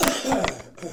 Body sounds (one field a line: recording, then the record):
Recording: coughing mixed with background sound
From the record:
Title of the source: Residual Phlegmy Morning Coughing and Gagging